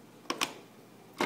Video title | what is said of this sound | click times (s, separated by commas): iPhone repair miami, miami iphone repair,iphone repair | uh basically once you put it in you just push it until it snaps in place | 0.3 s, 0.4 s